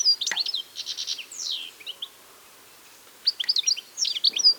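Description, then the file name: European goldfinch song of quick twittering notes and buzzy rattles with a falling slur, a silent gap of about a second, then more bright chirps. "Carduelis carduelis"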